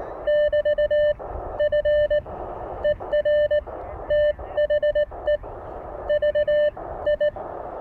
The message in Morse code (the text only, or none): <BT> FER THE VI